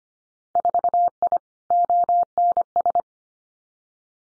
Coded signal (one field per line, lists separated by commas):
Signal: Morse code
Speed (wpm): 25 wpm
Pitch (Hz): 700 Hz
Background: none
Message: 4I ONS